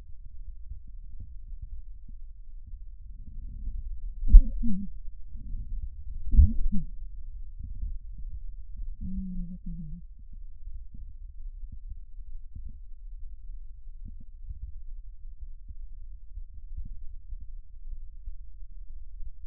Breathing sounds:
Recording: lung sounds by stethoscope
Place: right anterior apical chest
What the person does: quiet breathing, then cough and speech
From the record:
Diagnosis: interstitial lung disease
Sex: female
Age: 65 years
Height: 156 cm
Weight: 66.8 kg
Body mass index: 27.4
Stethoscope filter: bell mode

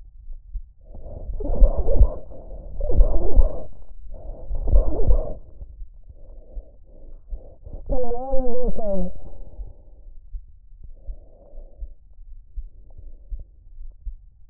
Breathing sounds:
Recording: lung sounds by stethoscope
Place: trachea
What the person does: quiet breathing, then cough and speech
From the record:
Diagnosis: interstitial lung disease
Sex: male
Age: 47 years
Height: 159 cm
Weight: 66.8 kg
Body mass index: 26.4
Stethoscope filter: extended mode

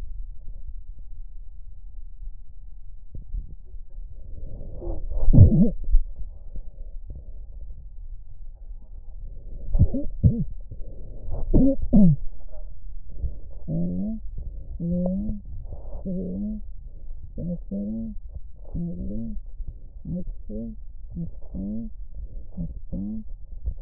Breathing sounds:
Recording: lung sounds by stethoscope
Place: left posterior apical chest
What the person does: quiet breathing, then cough and speech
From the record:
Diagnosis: COPD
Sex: female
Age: 68 years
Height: 150 cm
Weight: 70 kg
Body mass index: 31.1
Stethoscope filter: extended mode

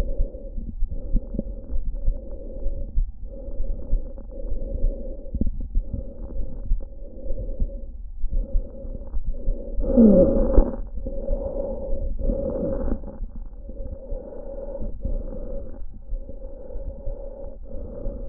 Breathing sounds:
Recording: lung sounds by stethoscope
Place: trachea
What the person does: quiet breathing, then deep breathing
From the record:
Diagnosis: interstitial lung disease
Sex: female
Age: 60 years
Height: 154 cm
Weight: 68.1 kg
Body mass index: 28.7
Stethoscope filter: diaphragm mode

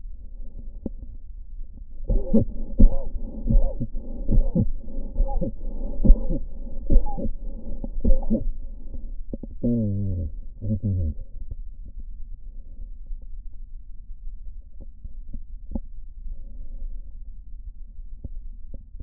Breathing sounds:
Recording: lung sounds by stethoscope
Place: left posterior basal chest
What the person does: quiet breathing, then cough and speech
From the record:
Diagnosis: interstitial lung disease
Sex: male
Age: 65 years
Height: 161 cm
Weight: 74.6 kg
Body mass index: 28.8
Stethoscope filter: diaphragm mode

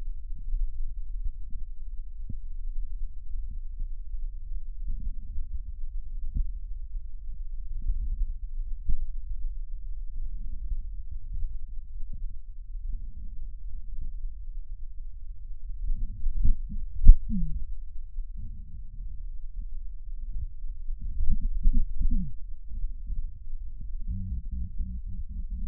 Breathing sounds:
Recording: lung sounds by stethoscope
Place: left posterior basal chest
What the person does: quiet breathing, then cough and speech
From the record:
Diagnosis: COPD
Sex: female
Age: 72 years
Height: 156 cm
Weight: 72 kg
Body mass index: 29.6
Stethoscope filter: bell mode

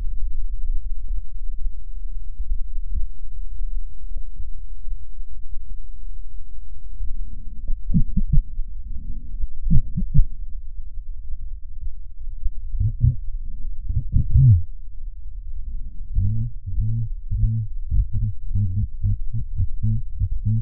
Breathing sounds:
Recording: lung sounds by stethoscope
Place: left posterior basal chest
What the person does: quiet breathing, then cough and speech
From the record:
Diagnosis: none (healthy)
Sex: male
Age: 29 years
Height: 180 cm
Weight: 100 kg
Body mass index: 30.9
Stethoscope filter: bell mode

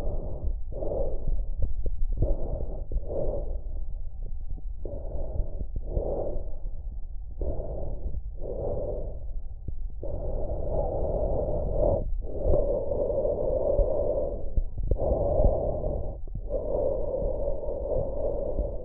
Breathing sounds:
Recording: lung sounds by stethoscope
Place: trachea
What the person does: quiet breathing, then deep breathing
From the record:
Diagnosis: interstitial lung disease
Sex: female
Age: 53 years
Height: 168 cm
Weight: 108 kg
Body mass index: 38.3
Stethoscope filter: extended mode

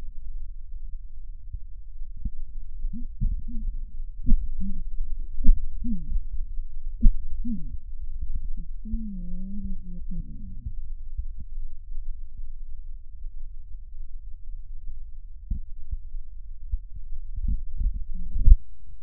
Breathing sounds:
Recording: lung sounds by stethoscope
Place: right posterior basal chest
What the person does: quiet breathing, then cough and speech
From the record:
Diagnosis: interstitial lung disease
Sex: female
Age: 74 years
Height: 150 cm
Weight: 69.8 kg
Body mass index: 31.0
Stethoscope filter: bell mode

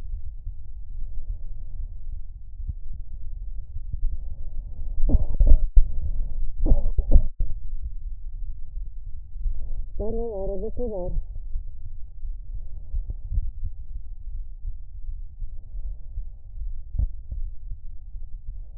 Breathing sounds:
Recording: lung sounds by stethoscope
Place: right anterior apical chest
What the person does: quiet breathing, then cough and speech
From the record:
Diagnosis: interstitial lung disease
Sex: female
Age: 60 years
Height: 152 cm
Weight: 55.9 kg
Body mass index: 24.2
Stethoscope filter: extended mode

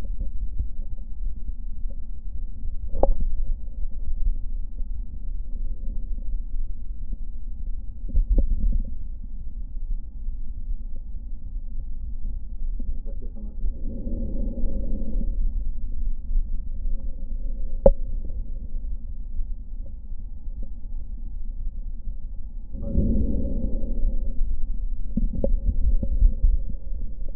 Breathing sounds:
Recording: lung sounds by stethoscope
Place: left posterior basal chest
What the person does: quiet breathing, then deep breathing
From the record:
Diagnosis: none (healthy)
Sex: male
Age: 35 years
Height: 186 cm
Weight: 108 kg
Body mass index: 31.2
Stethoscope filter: diaphragm mode

